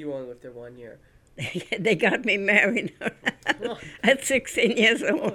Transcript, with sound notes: You only lived there one year.
They got me married ( she laughs ) at sixteen years old.